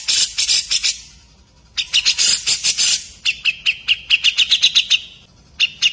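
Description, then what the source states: Grey-cheeked bulbul giving harsh, rasping bursts, then a quick series of clipped, bright chattering notes, with short gaps between the bouts. Tutor song used for training caged songbirds to copy the song.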